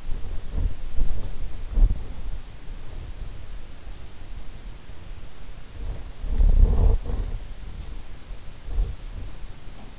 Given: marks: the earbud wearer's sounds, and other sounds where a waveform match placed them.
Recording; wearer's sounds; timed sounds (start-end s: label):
sounds in sleep by an in-ear microphone; body movement, teeth grinding
0.00-2.53 s: body movement
5.76-7.42 s: body movement
8.63-9.40 s: teeth grinding
9.74-9.92 s: teeth grinding